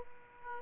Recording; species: mosquito wingbeat signal from an infrared sensor; Aedes aegypti